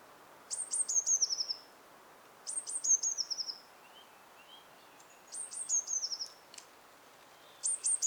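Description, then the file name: Eurasian blue tit song: thin, very high phrases of a few sharp notes falling into a quick trill, repeated several times. "Cyanistes caeruleus"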